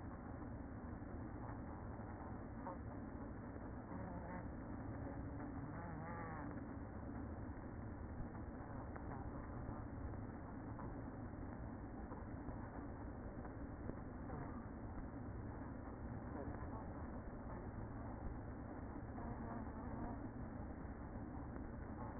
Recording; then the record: honeybee colony, microphone inside the hive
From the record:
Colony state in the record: queen present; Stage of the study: after two queens were removed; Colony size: about 60,000 bees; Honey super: yes